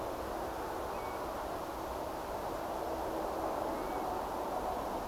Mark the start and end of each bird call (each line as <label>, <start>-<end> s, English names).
European Golden Plover, 0.93-1.18 s
European Golden Plover, 3.74-4.05 s